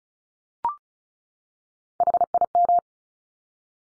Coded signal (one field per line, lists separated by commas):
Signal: Morse code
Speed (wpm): 36 wpm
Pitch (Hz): 700 Hz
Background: none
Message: HIM